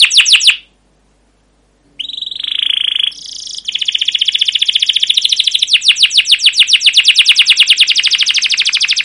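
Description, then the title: Canary song: brief sweeping chirps, a pause, a buzzy tone and a high note, then a long fast rolling trill. Canary song with long rolling trills (cuit cuit ngerol), described as gacor, used as a lure (pancingan) master recording to train other canaries. "CUIT CUIT NGEROL LANGSUNG GACOR PANJANG Kenari Pancingan. Masteran Suara Burung Kenari Gacor Panjang cuit cuit Ngerol untuk Pancingan Kenari"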